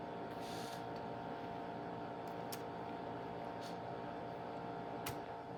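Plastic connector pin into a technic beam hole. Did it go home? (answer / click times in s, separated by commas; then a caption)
no / none. Blue plastic Lego Technic pins are handled and pushed toward the holes of a Technic beam on a Lego Technic Mitsubishi Eclipse model car. Over a steady background hum there are faint handling ticks and a brief sharp tick near 5.1 seconds. The pins have not seated or clicked into place yet.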